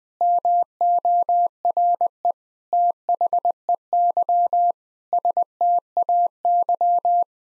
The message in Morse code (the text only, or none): MORE THEY STAY